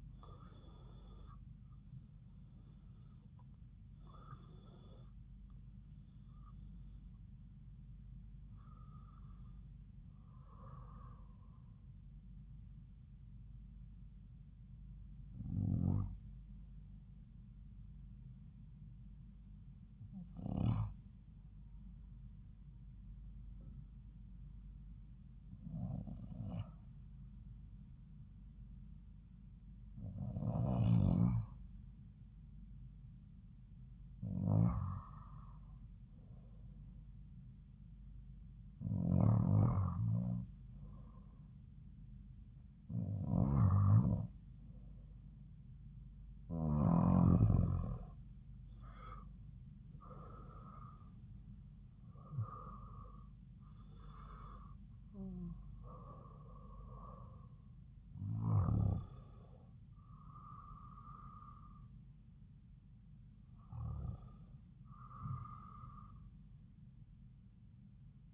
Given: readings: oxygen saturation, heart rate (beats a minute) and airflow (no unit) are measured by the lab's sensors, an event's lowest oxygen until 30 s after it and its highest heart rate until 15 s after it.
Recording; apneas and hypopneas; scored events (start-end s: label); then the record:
breathing in sleep by a smartphone at the bedside; 1
17.00-38.90 s: hypopnea (REM, oxygen 97% highest, then 92% lowest)
From the record:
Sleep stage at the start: REM sleep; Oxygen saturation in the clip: 83 to 97%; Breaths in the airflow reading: 15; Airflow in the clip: -6.5 to 8.7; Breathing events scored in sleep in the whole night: 270 in 6.1 hours asleep